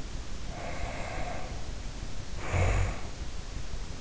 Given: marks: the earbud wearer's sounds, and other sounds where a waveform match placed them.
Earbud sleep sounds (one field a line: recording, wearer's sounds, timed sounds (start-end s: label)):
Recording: sounds in sleep by an in-ear microphone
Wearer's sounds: snoring breath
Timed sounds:
0.48-3.16 s: snoring breath